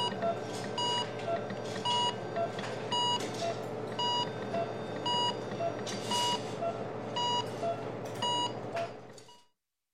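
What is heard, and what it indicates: Steady low machine hum with paired electronic beeps repeating about once a second, mixed with periodic airy whooshes. A hospital ventilator running, a sound effect.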